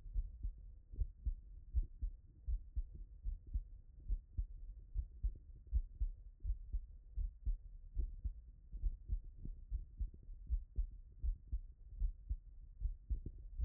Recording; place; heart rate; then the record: heart sounds by stethoscope; Erb's point; 77 bpm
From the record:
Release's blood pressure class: elevated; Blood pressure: 125/61 mmHg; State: after exercise